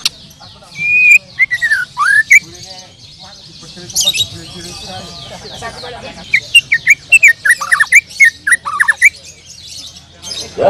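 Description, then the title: Bird song of whistled, sweeping notes in quick series, with scratchy squawks and chatter mixed in and brief pauses between phrases. "Kicau Burung"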